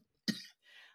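A single sharp, explosive cough from an adult woman while smoking cannabis, with a sudden onset that fades over about a quarter second, followed by a softer, airy, noisy breath. She coughs a lot. It is a plain cough, heard indoors with no other sounds.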